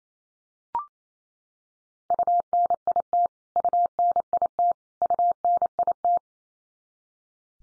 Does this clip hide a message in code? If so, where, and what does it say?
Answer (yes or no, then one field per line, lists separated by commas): yes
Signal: Morse code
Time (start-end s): 2.1-6.2 s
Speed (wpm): 28 wpm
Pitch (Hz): 700 Hz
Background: none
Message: UNIT UNIT UNIT